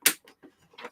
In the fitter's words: and then that's it locked.